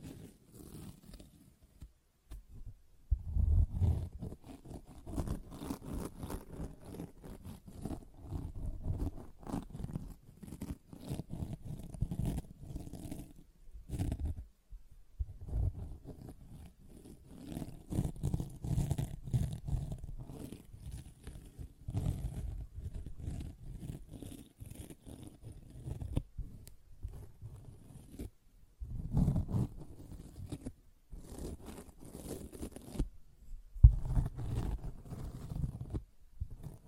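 A sponge is worked by hand in uneven bursts of rough scratching and soft squishing, mostly low and grainy with brief crackly edges. Strokes come in clusters of several seconds, separated by short silent gaps near 2, 14, 26 and 34 seconds.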